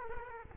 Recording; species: mosquito wingbeat signal from an infrared sensor; Culex quinquefasciatus